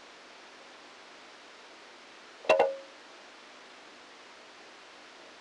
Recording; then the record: brain microelectrode recording played as sound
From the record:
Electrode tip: outside the subthalamic nucleus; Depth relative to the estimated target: 1 mm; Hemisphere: left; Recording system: NeuroSet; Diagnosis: Parkinson's disease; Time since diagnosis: 9 years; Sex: female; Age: 51 years